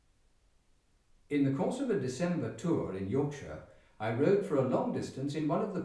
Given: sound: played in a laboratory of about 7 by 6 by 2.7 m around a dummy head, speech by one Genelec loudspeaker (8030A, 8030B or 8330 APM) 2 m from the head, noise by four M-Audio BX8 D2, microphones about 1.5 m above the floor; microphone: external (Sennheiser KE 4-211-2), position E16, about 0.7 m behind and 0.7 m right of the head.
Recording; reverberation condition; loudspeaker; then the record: male speech in English; medium; 120 degrees to the left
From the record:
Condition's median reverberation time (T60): about 510 ms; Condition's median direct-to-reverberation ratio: about -0.5 dB